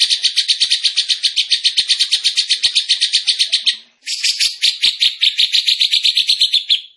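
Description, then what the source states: Bird song: a dense run of quick, buzzy repeated notes, a brief gap, then a second rapid burst that trails off. Masteran training recording from Indonesia of a bird singing energetically (gacor).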